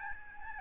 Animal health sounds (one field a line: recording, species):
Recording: mosquito wingbeat signal from an infrared sensor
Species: Aedes albopictus